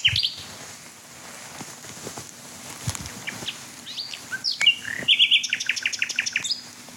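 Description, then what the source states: Common Nightingale song: scattered sweeps, then quick repeated notes near the end, over a faint low hum. Singing male heard from closer range as the recordist approaches; song described as having beating, fluting, tumbling and sobbing elements.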